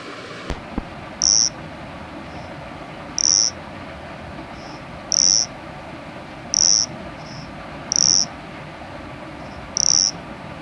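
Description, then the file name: After a brief click, a cricket sings high, clean chirps spaced one to two seconds apart, with faint softer notes in some gaps, over steady low hiss. "Nesobia mjobergi"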